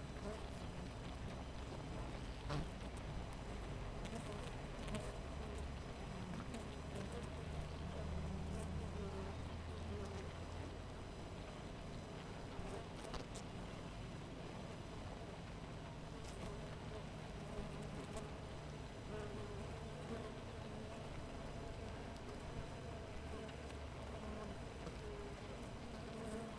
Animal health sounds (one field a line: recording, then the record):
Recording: honeybee colony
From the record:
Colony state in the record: missing queen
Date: 14 July 2017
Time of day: 5:20